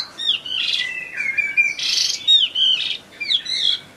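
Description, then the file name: Chinese hwamei song: a rich, loud flow of slurred whistles and fluty phrases, rising and falling notes packed closely together, with a few harsher squawky bursts. In full song (gacor). "audio hwamei gacor. omkicau"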